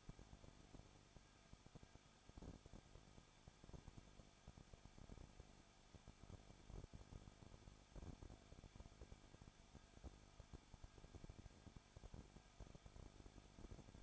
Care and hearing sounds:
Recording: daily activity, microphone in the room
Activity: no activity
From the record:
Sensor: 5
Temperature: 20.9 degrees Celsius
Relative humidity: 35.1%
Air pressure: 994.6 hPa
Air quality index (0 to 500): 154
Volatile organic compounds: 2 ppm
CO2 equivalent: 1283 ppm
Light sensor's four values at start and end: 2/3/1/1 and 2/3/1/1

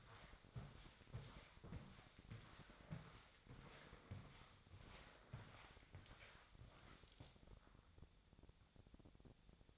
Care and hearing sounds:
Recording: daily activity, microphone in the room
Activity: walk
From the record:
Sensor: 3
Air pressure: 1000.5 hPa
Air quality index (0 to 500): 171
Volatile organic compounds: 3 ppm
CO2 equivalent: 1495 ppm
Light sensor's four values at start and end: 17/43/17/19 and 18/45/18/20

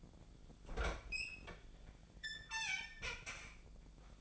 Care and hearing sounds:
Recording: daily activity, microphone in the room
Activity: open fridge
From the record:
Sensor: 5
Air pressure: 1009.8 hPa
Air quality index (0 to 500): 163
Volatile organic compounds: 4 ppm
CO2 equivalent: 1583 ppm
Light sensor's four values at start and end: 114/294/122/130 and 116/297/124/132

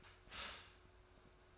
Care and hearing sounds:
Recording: daily activity, microphone in the room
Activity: stop toaster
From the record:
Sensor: 2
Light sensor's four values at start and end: 3/9/3/3 and 3/9/3/3

